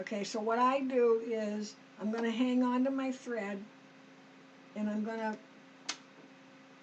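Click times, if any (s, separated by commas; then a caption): 5.9 s. Someone talks while holding the thread and pulling it into the snap-in thread guide or tension at the back of a serger, with a faint steady hum underneath. A single sharp click at 5.9 s marks the thread seating into the guide.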